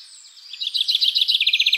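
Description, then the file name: Common chaffinch song fragment: a fast run of bright, repeated high notes building in loudness over the final second, with fainter bird calls behind. "Fringilla coelebs"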